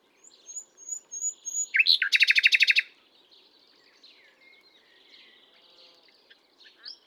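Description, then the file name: Common nightingale song opening with soft high whistles, building to a rapid, loud rattle of repeated notes, then trailing into quiet warbled phrases. "Luscinia megarhynchos"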